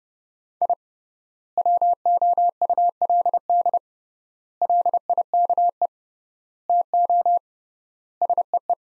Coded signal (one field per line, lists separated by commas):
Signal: Morse code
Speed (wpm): 30 wpm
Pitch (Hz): 700 Hz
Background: none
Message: I WOULD LIKE TO SEE